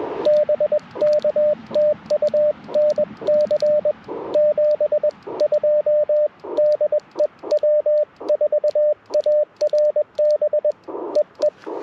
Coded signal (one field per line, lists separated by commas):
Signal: Morse code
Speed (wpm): 21 wpm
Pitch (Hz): 590 Hz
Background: radio noise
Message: BK TU NC 72 DE W4ARB EE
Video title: Morning Morse Code - 01/11/2025